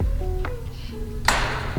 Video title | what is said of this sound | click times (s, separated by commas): Automatic Solar Gate opener installation- Ghost Controls full review | hear the latch it unlocks shuts and it locks again watch there | 1.3 s